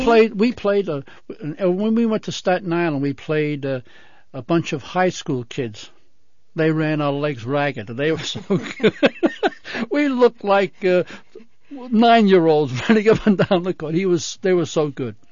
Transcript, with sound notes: We played, we played, when we went to Staten Island we played a bunch of high school kids. They ran our legs ragged, they were so good. ( he laughs ) We looked like nine-year-olds running up and down the court, they were so good.